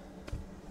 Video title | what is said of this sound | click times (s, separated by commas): This VW Caddy Stealth Micro Camper is DIFFERENT-Caddy Camper Tour | and that just locks into place | 0.3 s